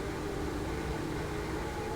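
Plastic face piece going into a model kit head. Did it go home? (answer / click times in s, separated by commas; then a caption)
no / none. A plastic face piece is held slightly crooked against the head of a Bandai MG Wing Gundam Zero EW model kit while its locating pins are lined up before pressing it in. Only a steady, even broadband hiss with a low hum is heard, with no sharp sounds. Nothing has seated or clicked yet.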